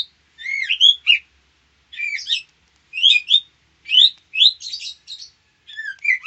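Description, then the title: White-rumped shama giving short, repeated phrases of rising whistled and chattering notes. Female. "Murai batu betina"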